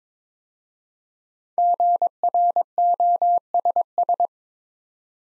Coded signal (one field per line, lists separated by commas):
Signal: Morse code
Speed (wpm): 22 wpm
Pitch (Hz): 700 Hz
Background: none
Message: GROSS